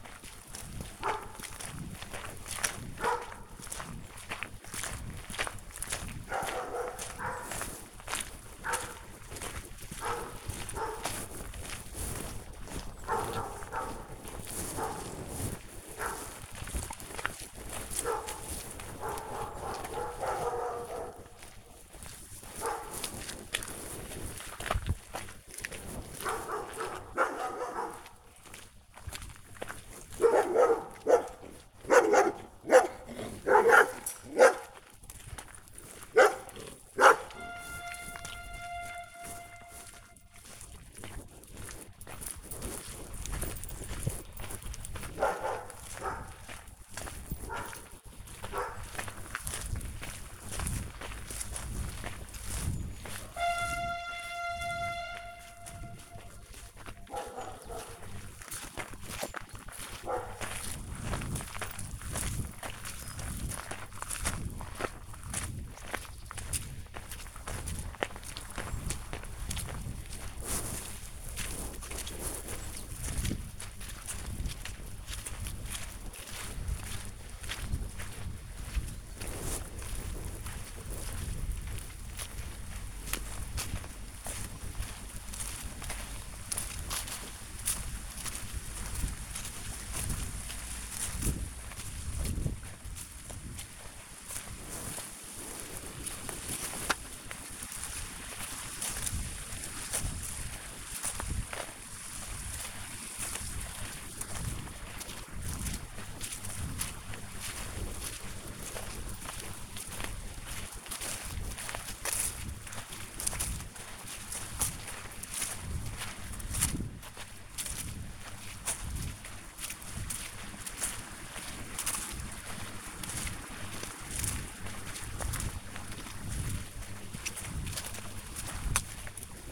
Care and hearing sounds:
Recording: household activities, microphone on the right wrist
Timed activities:
0.00-129.51 s: going for a walk with dog

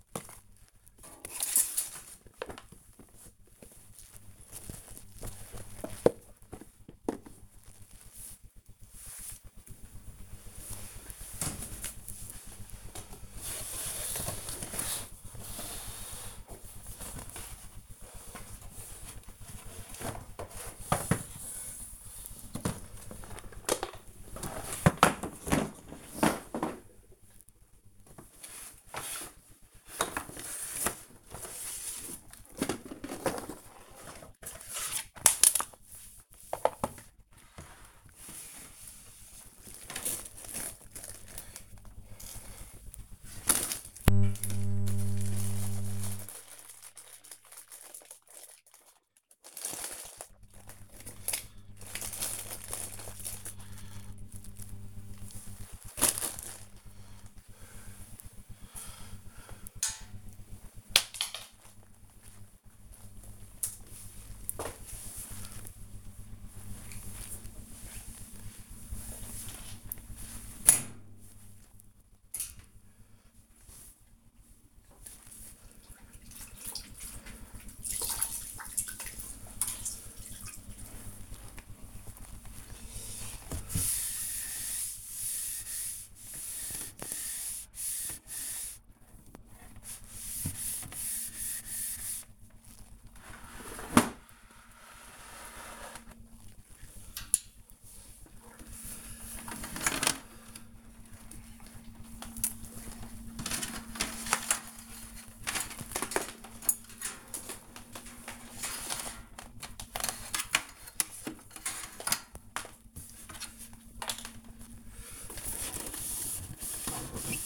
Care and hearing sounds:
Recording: household activities, microphone on the right wrist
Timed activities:
0.00-10.50 s: cleaning the cupboard
15.52-117.46 s: cleaning the cupboard

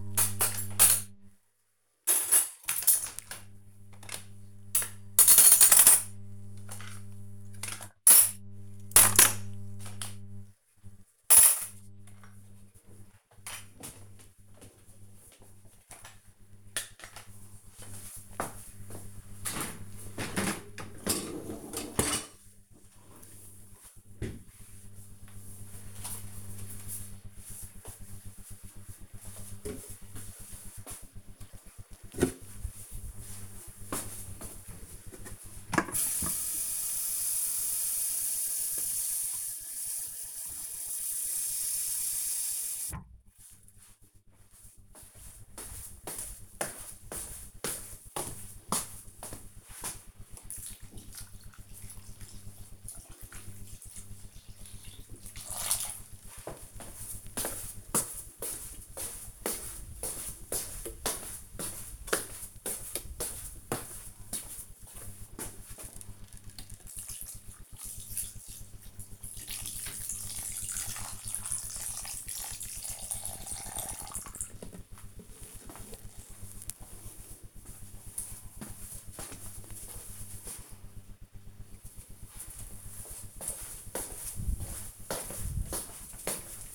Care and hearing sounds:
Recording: household activities, microphone on the right wrist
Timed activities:
0.00-22.69 s: cleaning out the dishwasher
30.74-76.10 s: watering plant

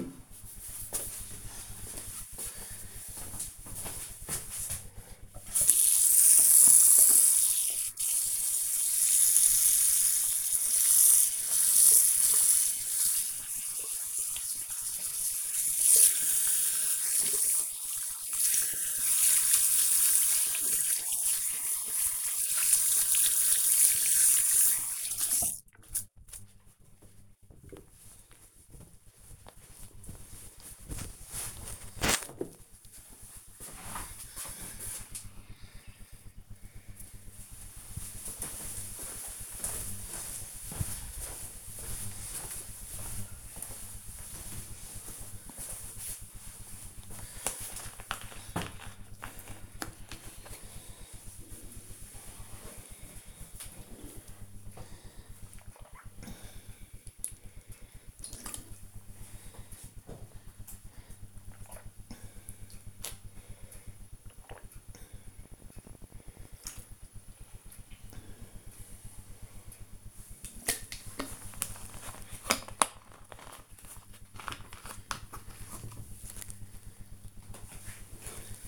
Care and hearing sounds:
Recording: household activities, microphone on the right wrist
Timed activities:
4.28-26.44 s: washing hands
45.54-73.73 s: drinking

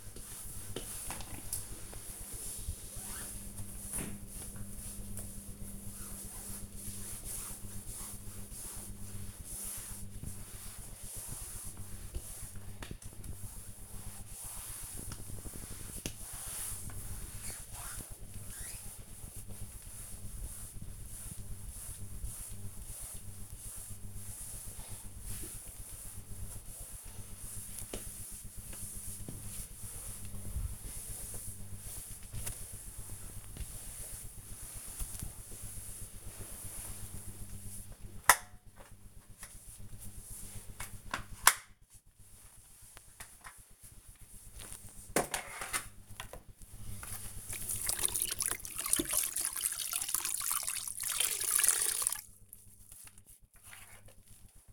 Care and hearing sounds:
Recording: household activities, microphone on the right wrist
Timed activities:
0.00-54.73 s: floor cleaning

